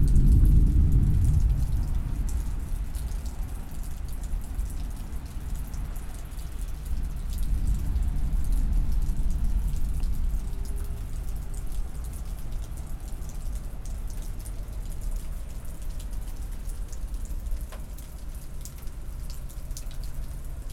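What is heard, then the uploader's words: Thunder rumbles low and heavy at the start and again around eight seconds, over steady rain pattering with scattered sharper drops throughout. October Thunderstorm in Midland. Recorded at 96kHz on my personal Zoom F6 via a matched pair of Clipply EM272s on my travel stereo bar. Thunderstorm recorded from my Dad’s front porch in Midland, Texas.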